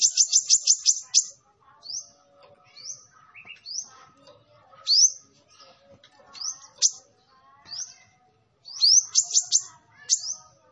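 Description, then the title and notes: Sunbird song opening with a quick run of high ticking notes, then scattered rising whistles and soft twitters, ending in another rapid burst. Kolibri Ninja singing actively (gacor), with full fill-in phrases and 'tembakan' bursts, used as a lure for training other birds. "MASTERAN KOLIBRI NINJA TERBAIK FULL ISIAN DAN TEMBAKAN MEWAH COCOK BUAT PANCINGAN. Suara Burung Kolibri Ninja Gacor"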